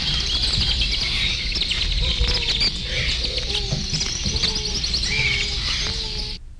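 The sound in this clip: Birds singing in a dense chorus of high chirps and twitters, with a few lower whistled notes, over a constant low rumble.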